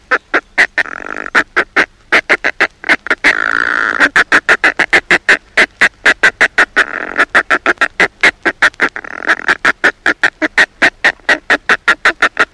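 Northern fulmar chatter: a long run of evenly spaced, rasping staccato notes, with a few denser passages.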